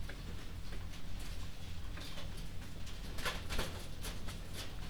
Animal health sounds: poultry house recording; no chicken sound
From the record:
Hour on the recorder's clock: 22

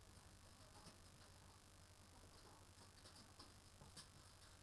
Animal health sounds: poultry house recording; healthy chickens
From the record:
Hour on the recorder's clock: 18

